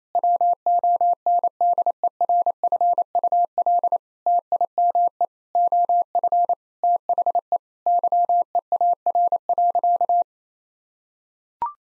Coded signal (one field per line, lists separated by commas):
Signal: Morse code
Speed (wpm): 28 wpm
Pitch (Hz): 700 Hz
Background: none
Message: WONDERFUL TIME OF THE YEAR.